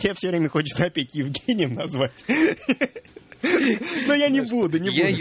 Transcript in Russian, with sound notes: А мне тебя все время хочется опять Евгением назвать. (смеется) Но я не буду, не буду.